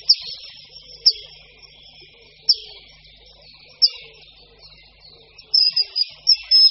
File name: Ledňáček-říční